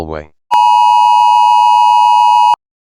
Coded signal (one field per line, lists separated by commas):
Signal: Emergency Alert System (SAME) tones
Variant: 853 and 960 Hz attention tone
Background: speech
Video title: Fake EAS Tornado Warning